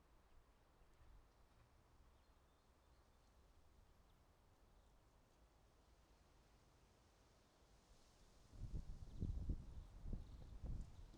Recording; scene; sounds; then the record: everyday scene through a hearing-aid microphone; wind on the microphone; wind, traffic, birds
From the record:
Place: suburban garden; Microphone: in the ear canal, right